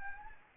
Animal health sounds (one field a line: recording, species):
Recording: mosquito wingbeat signal from an infrared sensor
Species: Anopheles gambiae